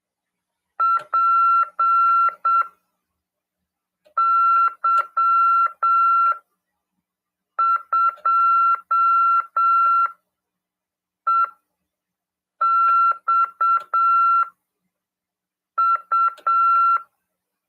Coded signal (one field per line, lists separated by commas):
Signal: Morse code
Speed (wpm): 7 wpm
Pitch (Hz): 1360 Hz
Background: none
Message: PY2EXU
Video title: RADIOAMADOR 2ªEd. 13/12/2022 "AULA 44: CW, LEGIS e C.RODADA" FM 146.410 Mhz PY2EXU PAULO CRASP/RAF.